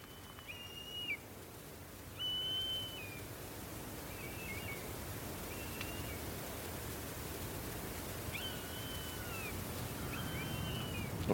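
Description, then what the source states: Common buzzard calls: about six high, drawn-out mewing whistles, level then sliding down at the end, spaced irregularly every couple of seconds over a steady low rumble. Recently fledged young buzzards, very vocal, perhaps calling to parents to be fed; Mull, Scotland, at the seaside.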